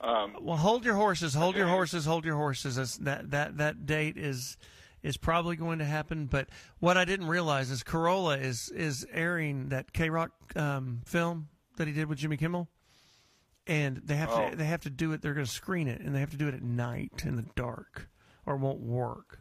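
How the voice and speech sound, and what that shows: A man talks casually on radio at a lively pace, repeating a few phrases for emphasis, with ordinary fluent voice.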